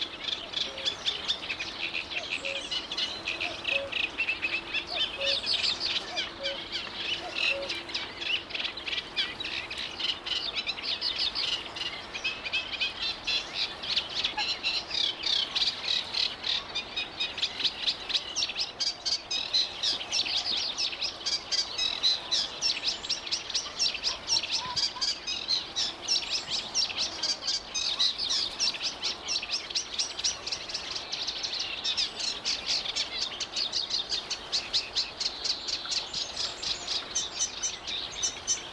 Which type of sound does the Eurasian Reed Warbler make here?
song